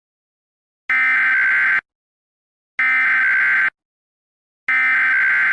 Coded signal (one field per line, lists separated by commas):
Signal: Emergency Alert System (SAME) tones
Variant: header bursts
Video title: EAS Scenario: Hunter Error 6: Hunter Error's Crazy Revenge